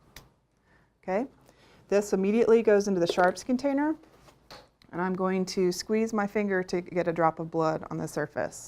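A disposable plastic safety lancet is pressed firmly against the side of a fingertip until its spring mechanism fires with a click at 0.2 s. Someone then talks while the used lancet goes into the sharps container, with a few faint handling knocks around 4.5–4.8 s.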